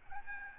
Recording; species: mosquito wingbeat signal from an infrared sensor; Aedes albopictus